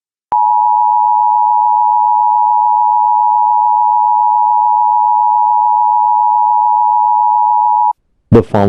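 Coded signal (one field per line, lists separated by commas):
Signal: Emergency Alert System (SAME) tones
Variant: 853 and 960 Hz attention tone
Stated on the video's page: Fictional EAS scenario.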